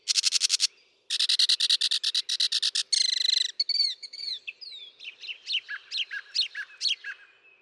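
Northern mockingbird song, buzzy rapid trills giving way to clear whistled slurs and a tumbling sequence of varied chirps, each phrase changing quickly.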